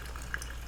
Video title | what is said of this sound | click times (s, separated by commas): Do These Products Still Hold Up? (Update 52) | very fizzy pull it back snap into place close it up | 0.3 s